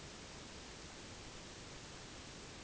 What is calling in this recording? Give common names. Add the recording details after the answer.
none. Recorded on Arctic tundra, site NAIT-1, on 1 July 2019. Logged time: 08:00